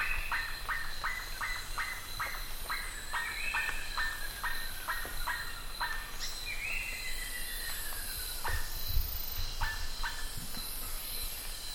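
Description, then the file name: Bird giving a quick series of short notes that thin out later, with a drawn-out call in the middle, over a steady high whine and some low thuds. "SABIOD 50 bird 2015"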